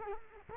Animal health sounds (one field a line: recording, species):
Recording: mosquito wingbeat signal from an infrared sensor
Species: Culex quinquefasciatus